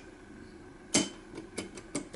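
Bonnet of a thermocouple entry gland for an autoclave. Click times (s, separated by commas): 0.9 s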